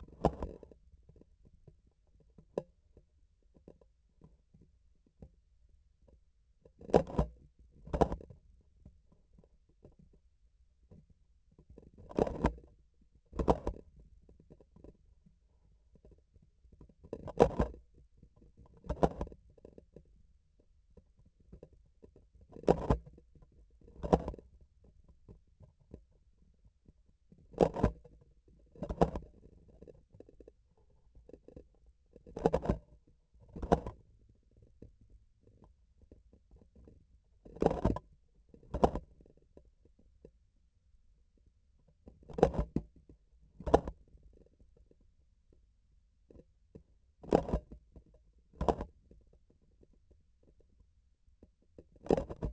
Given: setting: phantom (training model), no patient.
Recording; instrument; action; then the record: laparoscopic instrument, vibration sensor on the handle end; grasping forceps; opening and closing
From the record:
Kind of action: tool actuation without material contact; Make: other than Olympus